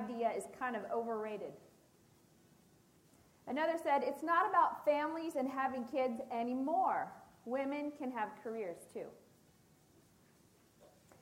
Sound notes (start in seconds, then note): none